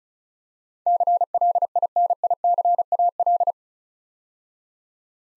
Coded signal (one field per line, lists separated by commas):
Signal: Morse code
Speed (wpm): 36 wpm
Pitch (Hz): 700 Hz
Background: none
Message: CLINICAL